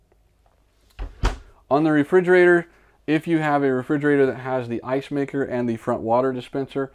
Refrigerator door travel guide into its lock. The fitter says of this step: therefore we lock that guide into place we want to hear that click and you'll feel that click to make sure that those guides